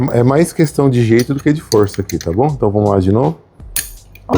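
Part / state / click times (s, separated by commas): retaining part on the starter motor shaft / seated / 3.8 s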